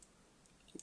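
A speaker driver is pressed back into a plastic earbud shell with a stick, producing faint scraping and small taps before a sharp click at 0.8 s as it seats. The driver ends up perfectly fitted in the housing.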